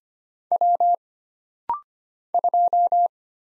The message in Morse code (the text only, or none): W 2